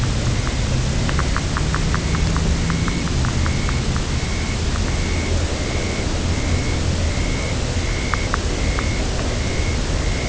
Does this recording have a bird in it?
yes